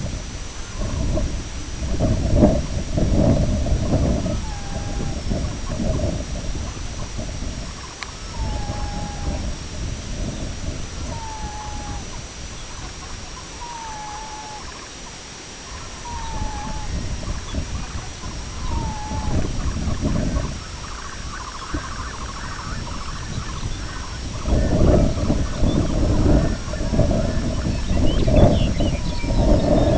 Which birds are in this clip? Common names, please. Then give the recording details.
Red-throated Loon, Sanderling, Lapland Longspur. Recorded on Arctic tundra, site IGLO-B, on 21 June 2018. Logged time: 09:59